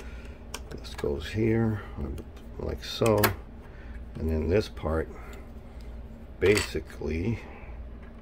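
The top half of a plastic Show Chrome key cover is being handled and positioned over its bottom half around a Can-Am Spyder vehicle key, with light handling noises, including a brief tap near 0.5 s, while someone talks. Nothing has snapped or seated yet by the end of the clip.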